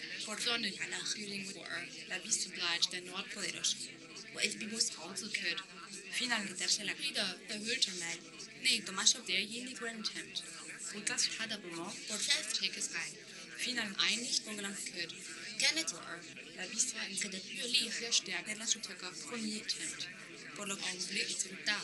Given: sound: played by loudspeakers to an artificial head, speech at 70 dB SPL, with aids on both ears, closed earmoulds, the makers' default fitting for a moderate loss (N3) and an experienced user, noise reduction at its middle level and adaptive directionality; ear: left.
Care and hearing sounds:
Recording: speech test signal (ISTS) in cocktail-party noise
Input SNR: +3 dB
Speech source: in front (0 degrees)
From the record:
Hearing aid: class 1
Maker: H

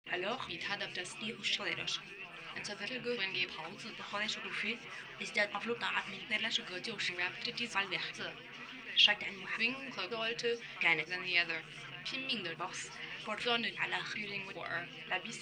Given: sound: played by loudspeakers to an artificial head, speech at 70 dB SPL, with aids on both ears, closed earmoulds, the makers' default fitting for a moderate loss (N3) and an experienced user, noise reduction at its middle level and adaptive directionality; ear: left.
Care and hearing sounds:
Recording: speech test signal (ISTS) in cocktail-party noise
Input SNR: +6 dB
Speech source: in front (0 degrees)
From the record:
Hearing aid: class 2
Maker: F

